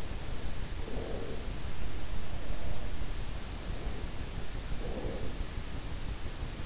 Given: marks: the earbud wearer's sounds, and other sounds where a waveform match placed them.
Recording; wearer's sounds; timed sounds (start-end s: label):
sounds in sleep by an in-ear microphone; breath
0.80-1.86 s: breath
2.31-5.72 s: sound from someone else or the room
4.49-5.72 s: breath